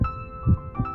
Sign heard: A strong heartbeat.